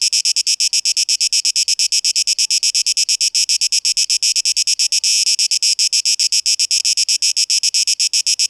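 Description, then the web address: Cicada song, a loud pulsing buzz at a rapid, even rate, continuing without pause. 12 August 2023. "rauschpartikel 2023-08-12 Zikaden"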